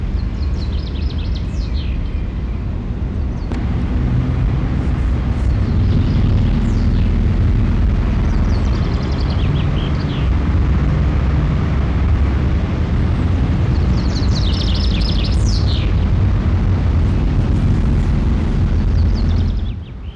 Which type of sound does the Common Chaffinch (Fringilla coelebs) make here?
song